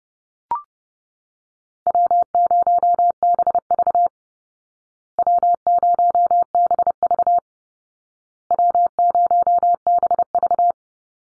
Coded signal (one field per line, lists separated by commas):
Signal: Morse code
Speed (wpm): 30 wpm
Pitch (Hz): 700 Hz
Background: none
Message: W0BV W0BV W0BV